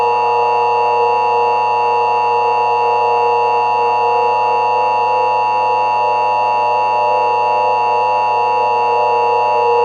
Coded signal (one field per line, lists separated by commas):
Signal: Emergency Alert System (SAME) tones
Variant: 853 and 960 Hz attention tone